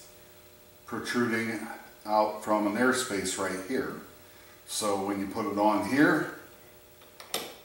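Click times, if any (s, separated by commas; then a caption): 7.3 s. Someone talks while a valve part with four small legs is put onto an air compressor valve assembly. A sharp click at 7.3 s marks the part seating in its proper position.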